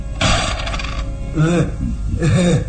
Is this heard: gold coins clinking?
yes